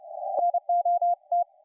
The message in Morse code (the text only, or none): NOT